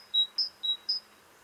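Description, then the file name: Great tit song: two high whistled two-note phrases, each a lower note followed by a higher one, evenly spaced, with quiet background. "Parus major"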